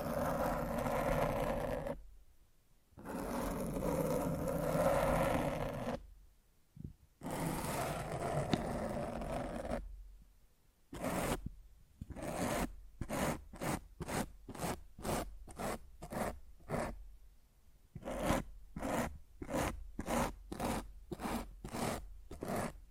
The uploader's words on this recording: Mic Scratching.